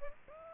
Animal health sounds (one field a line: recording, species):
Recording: mosquito wingbeat signal from an infrared sensor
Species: Aedes aegypti